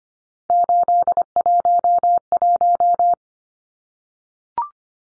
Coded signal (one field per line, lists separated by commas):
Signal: Morse code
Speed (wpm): 25 wpm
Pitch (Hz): 700 Hz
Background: none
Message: 811